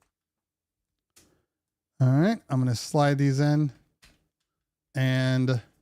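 Left and right audio earpieces, lined up by the little R marking, are handled to slide into their holder. Someone talks, with faint handling taps around 1.2 s and 4.0 s. Nothing has seated or clicked into place yet.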